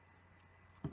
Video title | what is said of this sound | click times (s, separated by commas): BJD Iplehouse JID girl Body Review | her elbows as you can see they lock into place very nicely | 0.7 s, 0.8 s